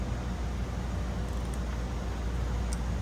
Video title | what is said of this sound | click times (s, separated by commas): HOW TO CHANGE OIL & SPARK PLUGS IN THE BMW B58 MOTOR (IN DEPTH - BY THE BOOK!!) | you hear that click | 2.7 s